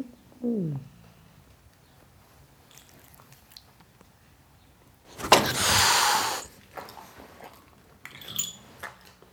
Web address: BBC Sound Effects Library - Cats Tom Cat Hissing At Dog